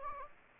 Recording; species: mosquito wingbeat signal from an infrared sensor; Anopheles gambiae